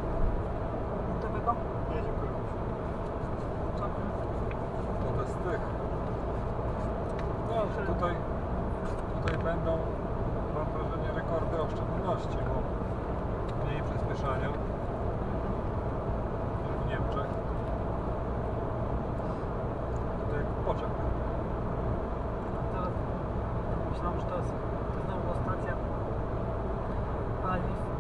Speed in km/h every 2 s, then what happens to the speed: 106, 106, 106, 105, 105, 105, 105, 105, 105, 105, 105, 105, 105, 105.
0-28 steady at about 105.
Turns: none.